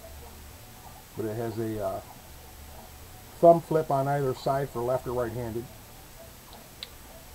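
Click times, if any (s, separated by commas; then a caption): 6.8 s. Someone talks about a Camillus SK Desert Knife, a non-spring-assisted folding knife with a thumb stud on either side for left- or right-handed use. The blade is flipped open with the thumb stud, and at 6.8 s a single short, sharp click sounds as the steel liner lock snaps behind the tang. The blade locks firmly in place with virtually no movement.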